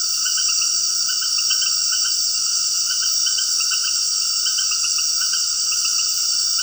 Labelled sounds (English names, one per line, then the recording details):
none
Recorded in dense forest near Puerto Asís, Putumayo, Colombia, on 20 February 2024 at 19:30
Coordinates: 0.481, -76.318
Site G6421